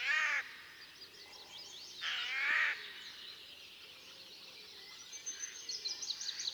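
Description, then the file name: Eurasian jay giving two hoarse, grating screeches about two seconds apart. "Garrulus glandarius"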